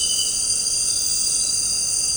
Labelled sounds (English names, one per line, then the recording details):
none
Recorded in dense forest near Puerto Asís, Putumayo, Colombia, on 13 March 2025 at 18:30
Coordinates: 0.467, -76.328
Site G041